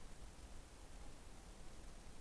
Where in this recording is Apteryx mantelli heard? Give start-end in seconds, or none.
none